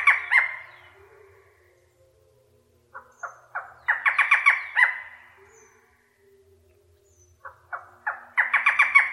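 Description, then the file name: Barred forest falcon giving rasping squawks: the tail of one phrase, then two phrases, each opening with a few spaced notes before a rapid cluster. "suara barredforest"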